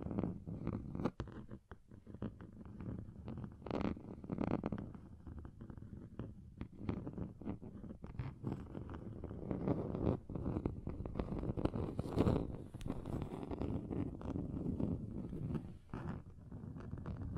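Scratching across a table, a continuous rough scraping concentrated in the low and middle range. Its texture shifts constantly, with short brighter strokes and scrapes every second or so, and a sharper burst of louder scratching around twelve seconds.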